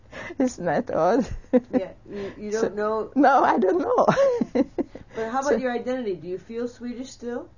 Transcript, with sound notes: Isn't that awful?
You don't know...
No, I don't know. ( she laughs )
How about your identity? Do you feel Swedish still?